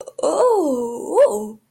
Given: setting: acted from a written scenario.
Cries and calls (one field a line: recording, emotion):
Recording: vocal sound without words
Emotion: negative surprise